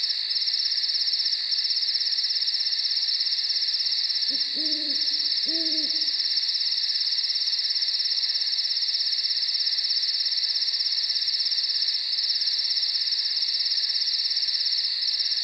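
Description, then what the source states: Owl hoots: two short, low, tonal notes about a second apart, heard over a loud, unbroken chorus of high-pitched crickets. Night nature recording with crickets.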